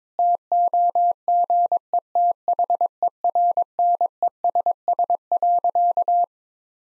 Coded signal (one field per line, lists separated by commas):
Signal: Morse code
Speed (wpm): 22 wpm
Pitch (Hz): 700 Hz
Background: none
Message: TOGETHERNESS.